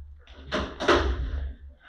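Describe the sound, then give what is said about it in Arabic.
A door swings shut with a broad wooden thud, a short scrape and knock followed by a second heavier impact, then fading rumble; no one speaks. “رد الباب يا رسمية.”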